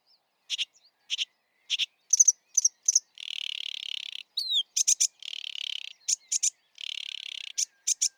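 Sedge warbler song: clipped harsh notes alternating with long buzzy rattles lasting about a second, plus a slurred rising whistle, all high-pitched against a quiet background.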